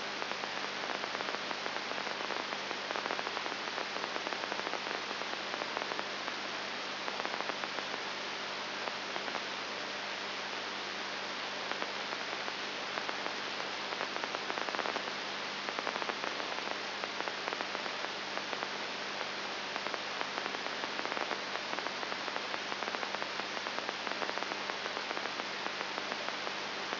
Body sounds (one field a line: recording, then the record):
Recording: brain microelectrode recording played as sound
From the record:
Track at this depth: inside the subthalamic nucleus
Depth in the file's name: 3.101 mm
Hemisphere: left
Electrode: 3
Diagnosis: Parkinson's disease